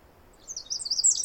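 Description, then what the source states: Pacific wren song opening, rapid high tinkling notes and trills rising in loudness after a quiet start. Very loud bird singing in the morning after a dawn chorus, 11-13 May 2018, Snider Jackson/Rugged Ridge trail.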